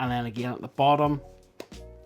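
Someone talks over background music while the bottom edge of a dBrand Tank rugged case is pressed back onto an iPhone 17 Pro Max/Air after being popped off. A single sharp click is heard at 1.6 s as the bottom edge seats, and the fit is judged really good.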